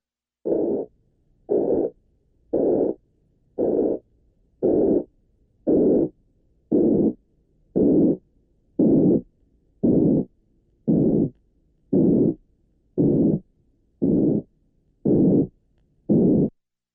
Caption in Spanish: Transmitiré una estrecha banda de frecuencias alrededor de 460 ciclos y después añadiré gradualmente las frecuencias más bajas hasta llegar a 180. Obsérvese el aumento de la aspereza. Un. Soplo áspero, por lo tanto, está compuesto de frecuencias altas y medianas.